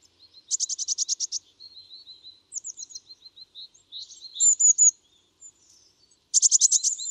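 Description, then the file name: Eurasian blue tit giving rapid buzzy churring bursts at the start and end, with thin high notes and quick descending chips in between; no other sounds stand out. "Cyanistes caeruleus"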